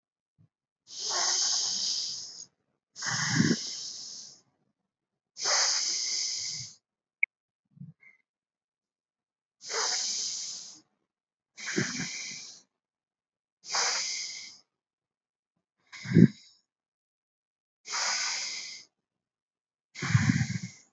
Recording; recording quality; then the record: deep breathing; excellent, no background noise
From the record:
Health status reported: respiratory illness, not identified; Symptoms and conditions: asthma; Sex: female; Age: 23 years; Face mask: not worn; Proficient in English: yes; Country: India